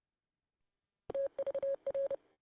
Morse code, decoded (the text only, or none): TVR